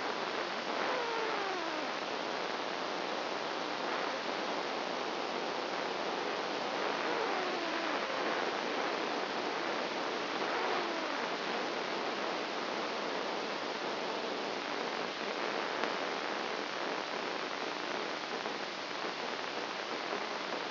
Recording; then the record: brain microelectrode recording played as sound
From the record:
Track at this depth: inside the subthalamic nucleus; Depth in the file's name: 1.606 mm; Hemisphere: right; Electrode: 2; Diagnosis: Parkinson's disease